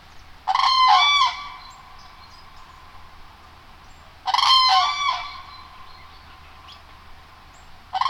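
Common crane trumpeting call: loud, rolling, harmonic bugles in two bursts about four seconds apart, with a third beginning at the end; background otherwise quiet.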